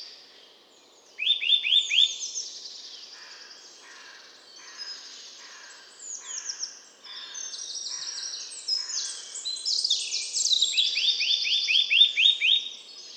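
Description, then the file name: Eurasian nuthatch giving short bursts of rapid rising whistled notes, heard twice, with many other high chirps and trills throughout. "Sitta europaea"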